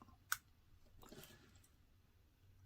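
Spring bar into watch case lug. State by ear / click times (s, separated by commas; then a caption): seated / 0.3 s. With one end of a watch strap's spring bar already in its lug hole, a thumb pulls the bar back and lines the other end up with the hole in the stainless steel case lug of a Time Craft mechanical skeleton watchmaking kit. A sharp, bright click at 0.3 s marks the spring bar snapping in, followed by faint rustling around 1.0–1.3 s. The bar is seated and secure.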